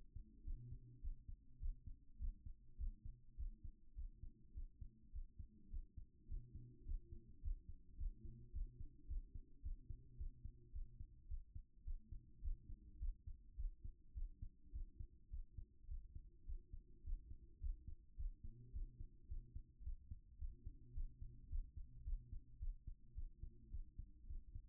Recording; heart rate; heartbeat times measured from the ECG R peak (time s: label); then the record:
heart sounds by stethoscope; 107 bpm
0.42 s: heartbeat
0.99 s: heartbeat
1.58 s: heartbeat
2.17 s: heartbeat
2.76 s: heartbeat
3.35 s: heartbeat
3.94 s: heartbeat
4.52 s: heartbeat
5.11 s: heartbeat
5.68 s: heartbeat
6.26 s: heartbeat
6.83 s: heartbeat
7.40 s: heartbeat
7.95 s: heartbeat
8.51 s: heartbeat
9.06 s: heartbeat
9.60 s: heartbeat
10.15 s: heartbeat
10.70 s: heartbeat
11.26 s: heartbeat
11.82 s: heartbeat
12.39 s: heartbeat
12.97 s: heartbeat
13.55 s: heartbeat
14.12 s: heartbeat
14.70 s: heartbeat
15.28 s: heartbeat
15.86 s: heartbeat
16.44 s: heartbeat
17.01 s: heartbeat
17.58 s: heartbeat
18.15 s: heartbeat
18.71 s: heartbeat
19.26 s: heartbeat
19.82 s: heartbeat
20.37 s: heartbeat
20.92 s: heartbeat
21.47 s: heartbeat
22.02 s: heartbeat
22.57 s: heartbeat
23.13 s: heartbeat
23.69 s: heartbeat
24.25 s: heartbeat
From the record:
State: after exercise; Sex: male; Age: 37 years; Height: 170 cm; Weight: 86 kg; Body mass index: 29.76